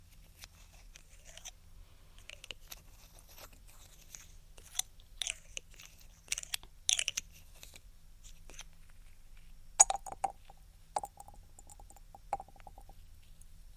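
Close, soft rubbing and tapping sounds, quiet crackles and brushes, come in irregular bursts, with brighter, firmer touches around seconds five to seven and again near ten to twelve. A low, steady hum sits underneath throughout.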